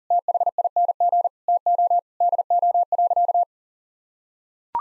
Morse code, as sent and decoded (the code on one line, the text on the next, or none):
- .... .. -. --. / - --- / -.. --- .-.-.-
THING TO DO.